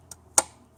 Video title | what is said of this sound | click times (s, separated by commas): Torque Converter Clutch Cycling & 3-4 Shift Shudder 6L50 TEHCM Electro Hydraulic Control Module 6L80 | there we go that's locked in | 0.4 s